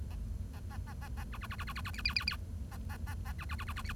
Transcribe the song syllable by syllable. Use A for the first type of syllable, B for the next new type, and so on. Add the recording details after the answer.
A A A A A A B B B B B B B C C C C A A A A B B B B B C. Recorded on 1 October 2012 at 10:44. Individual or60yw70